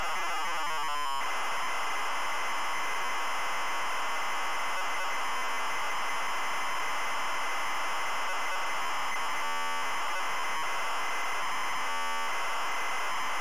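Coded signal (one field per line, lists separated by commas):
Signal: ZX Spectrum tape loading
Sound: brief harsh buzzing tones, then continuous loud harsh hiss with two short buzzy bursts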